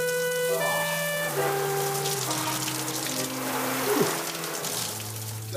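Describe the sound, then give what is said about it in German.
Steady rushing spray of a running shower in a basement shower room, the hot water boiling hot and unending, with a humming pipe-like tone underneath that slides down in pitch in a few steps and then holds low. “Und dann herrliche Entdeckung, das Warmwasser richtig kochend heiß und unendlich.”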